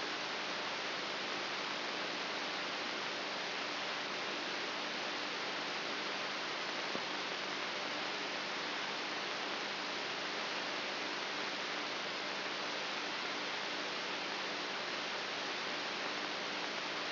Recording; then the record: brain microelectrode recording played as sound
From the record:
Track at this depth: inside the subthalamic nucleus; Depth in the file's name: 4.04 mm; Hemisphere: right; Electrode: 3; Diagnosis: Parkinson's disease